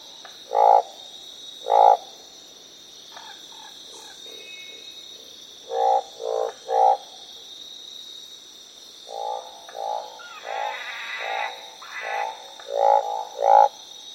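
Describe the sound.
Northern barred frog croaks, short notes given singly and in clusters of two or three, with quiet pauses between bursts.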